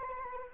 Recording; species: mosquito wingbeat signal from an infrared sensor; Anopheles arabiensis